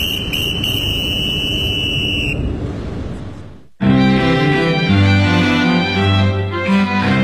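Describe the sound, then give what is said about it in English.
A steady, high-pitched train door-closing warning tone sounds over rumbling train noise for about two seconds as the train is about to depart. Then the noise fades to a brief silence, and loud, dense music begins. “This train is about to depart. Mind the doors, please! Mind the doors!”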